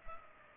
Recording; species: mosquito wingbeat signal from an infrared sensor; Culex pipiens